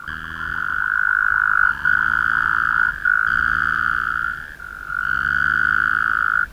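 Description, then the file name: Taipei tree frog producing long, buzzy trilled phrases separated by short breaks, the sound swelling and fading slightly between phrases. "Rhacophorus taipeianus"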